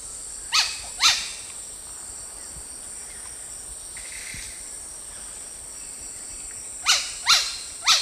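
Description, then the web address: Yellow-rumped cacique calls: a pair of sharp descending notes, a long pause, then three more, over a steady high insect hum. "Natures Songs S America Eastern Lowlands. Cacicus cela, calls"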